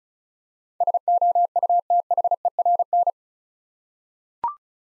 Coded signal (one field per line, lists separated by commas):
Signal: Morse code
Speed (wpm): 36 wpm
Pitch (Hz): 700 Hz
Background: none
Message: SOUTHERN